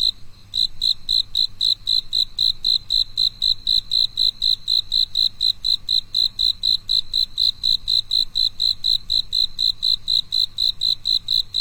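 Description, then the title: Cricket producing continuous, evenly paced high chirps, about four each second, throughout, with a soft low hum beneath. A single cricket singing alone on a quiet night. "寂静的夜里，那个蟋蟀的独唱"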